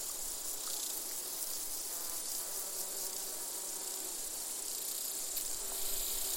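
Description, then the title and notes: Insect chorus (bees, grasshoppers and crickets): dense high buzzing and chirring, with softer low hums underneath. Bees, grasshoppers and crickets in gentle summer chorus, recorded in an open meadow near the Col de Châtillon, 1680 metres altitude. "featuring bees, grasshoppers and crickets, was recorded in an open meadow near the Col de Châtillon"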